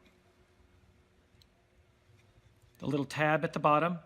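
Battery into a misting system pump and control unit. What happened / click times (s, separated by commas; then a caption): The battery was only being handled and lined up; it was not seated / none. A battery is lined up against its holder on a misting system pump and control unit and oriented so it goes on the right way before being pushed home. Quiet handling sounds with a faint tick near 1.4 s are heard, then someone talks from about 2.8 s. Nothing has seated or clicked yet.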